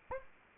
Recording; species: mosquito wingbeat signal from an infrared sensor; Anopheles arabiensis